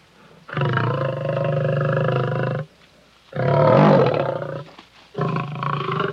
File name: Sony Music Special - Lion